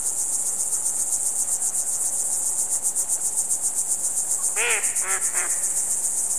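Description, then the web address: Cricket chirping in a quick high pulse, joined near the end by a few short harmonic calls. "best service Blue Box birds ducks frogs crickets"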